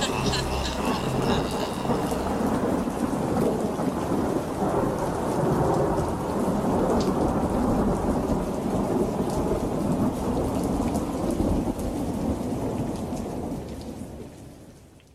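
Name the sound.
thunderstorm with heavy rain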